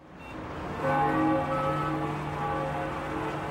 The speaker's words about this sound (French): Chers auditeurs, je me trouve maintenant sur le toit du bâtiment CBS dans lequel se trouve le studio de New York City. Derrière moi, vous entendez les cloches qui enjoignent à la population de quitter la ville.